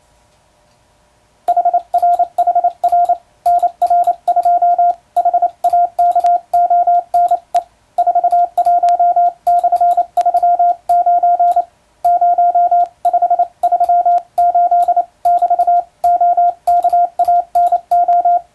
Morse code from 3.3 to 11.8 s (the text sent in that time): NR2 HAKONE 41/39